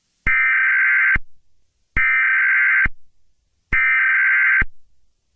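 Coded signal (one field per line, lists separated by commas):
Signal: Emergency Alert System (SAME) tones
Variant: header bursts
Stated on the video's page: Fictional EAS scenario based on a game.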